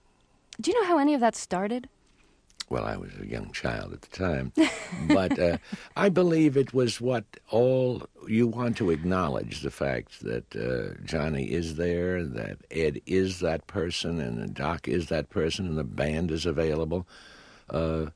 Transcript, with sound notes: Do you know how any of that started?
Well, I was a young child at the time.
(LAUGHTER)
But I believe it was, what, all - you want to acknowledge the fact that Johnny is there, that Ed is that person and that Doc is that person, and the band is available.